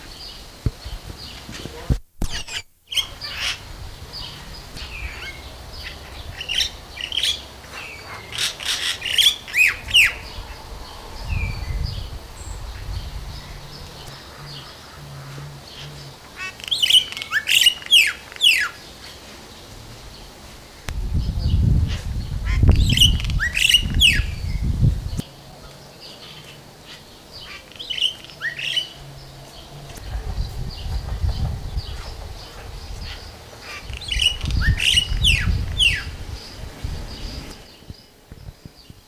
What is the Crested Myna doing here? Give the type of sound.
song